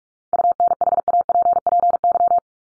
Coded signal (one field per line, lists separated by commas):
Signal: Morse code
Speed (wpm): 44 wpm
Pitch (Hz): 700 Hz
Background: none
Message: UNHAPPY